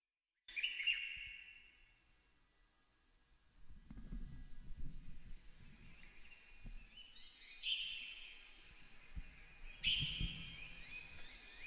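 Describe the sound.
Bird song: short bright chirping bursts near the start, again around eight seconds and ten seconds, separated by quiet gaps, with low rumbling and rustling noise underneath.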